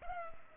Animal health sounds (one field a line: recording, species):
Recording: mosquito wingbeat signal from an infrared sensor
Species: Culex pipiens